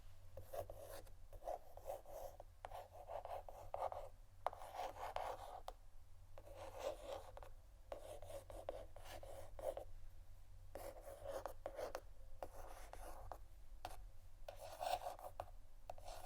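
Scratching on canisters comes in rough, rasping strokes about once a second, with short pauses between bursts over a constant low hum.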